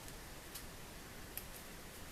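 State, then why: Seated. An accessory, probably the quiver, is lowered into its mounting bracket on a vintage 1993 Bear Archery First Strike compound bow. Faint ticks are heard over a low background hiss, followed by a sharp click at 1.4 s as the accessory seats back into place.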